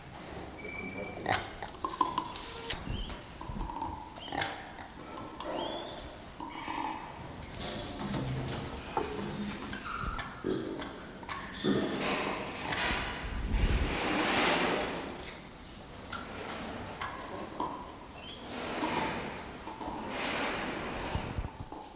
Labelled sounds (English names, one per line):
Northern Plains Gray Langur